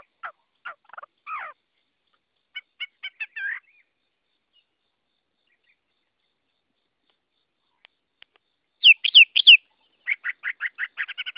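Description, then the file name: Chinese hwamei song: scattered short chirps and notes with long gaps, ending in a loud run of looping whistles and rapid repeated notes. Song in the 'forest voice' (giọng rừng) style. "Tieng hoa mi hot giong rung"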